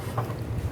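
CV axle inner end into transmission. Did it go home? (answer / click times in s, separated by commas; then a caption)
no / none. A new steel front CV axle is lined up and twisted into the transmission of a 2010-16 Buick LaCrosse during a CV axle replacement, over a steady low rumble with a brief soft bump at 0.2 s. Nothing has seated or clicked yet; the retaining clip has not locked.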